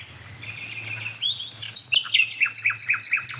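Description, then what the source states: Common Nightingale song: a thin sustained whistle leading into a rhythmic run of sharp repeated notes, with echo. Nightingale at the dead oak in the hedge near the barns; the barns give its song a special reverb with echo.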